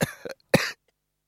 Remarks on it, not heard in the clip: I still have this really irritating cough. After about 5 weeks of this irritating affair.